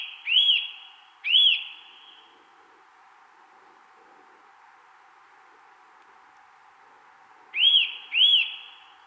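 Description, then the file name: Eurasian nuthatch calls: two sharp, ringing whistles that rise and fall, a long pause, then two more in a quick pair. "Sitta europaea"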